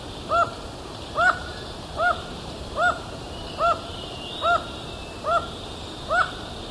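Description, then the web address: Black-mandibled toucan giving a steady series of arched, yelping two-tone notes, eight in all, about one every 0.8 seconds, over faint background hiss. Ecuador, South America. "Birds of Ecuador. Black-mandibled Toucan"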